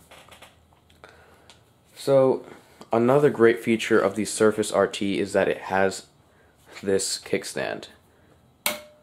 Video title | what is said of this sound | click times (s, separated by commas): Why I think the Surface RT is the best tablet for students | in right into the tablet it always makes that little clicking sound so | 8.7 s